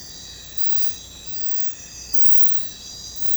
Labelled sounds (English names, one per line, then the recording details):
none
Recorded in secondary vegetation near Puerto Asís, Putumayo, Colombia, on 22 December 2024 at 01:30
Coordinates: 0.499, -76.323
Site G010